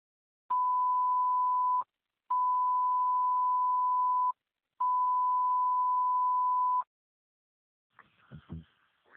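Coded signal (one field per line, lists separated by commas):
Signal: pager alert tone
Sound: three long steady beeps at one pitch, then a short burst of radio voice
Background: brief radio voice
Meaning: Alert tones that activate pagers before a dispatch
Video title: Camden County Test Recording After Repairing Pager (Radio Traffic) 3/30/2025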